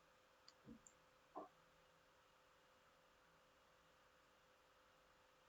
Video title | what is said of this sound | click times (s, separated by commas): Seat Leon FITCAMX OEM style dashcam | Push until you hear click. | 0.5 s, 0.9 s